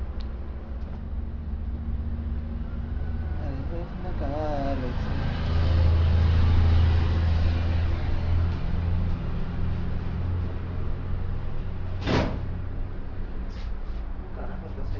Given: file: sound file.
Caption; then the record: This file is an example of a file that was rejected due to very large changes in the background noise level, in this case caused by traffic noise.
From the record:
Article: Validation of an Automated Cough Detection Algorithm for Tracking Recovery of Pulmonary Tuberculosis Patients